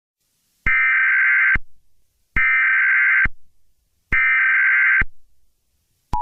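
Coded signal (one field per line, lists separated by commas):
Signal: Emergency Alert System (SAME) tones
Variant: header bursts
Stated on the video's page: Fictional EAS scenario.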